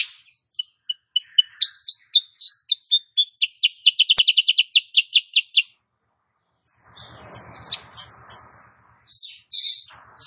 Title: Masteran Kutilang Sutra KUTILANG SUTRA BETINA GACOR bikin Cucak Kurincang ikutan GACOR